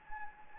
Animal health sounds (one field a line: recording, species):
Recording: mosquito wingbeat signal from an infrared sensor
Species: Anopheles gambiae